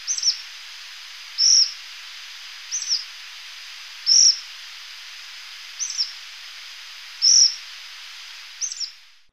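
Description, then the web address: Black phoebe giving high, sharp chip notes about every one and a half seconds, seven in total, with steady background hiss. Recorded in Ecuador. "Natures Songs S America Birds of Ecuador Black Phoebe"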